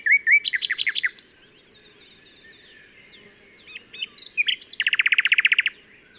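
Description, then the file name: Common nightingale singing: a loud stuttering phrase, soft quiet notes, then a fast buzzy trill of pulses, over a low steady hum. "Luscinia megarhynchos"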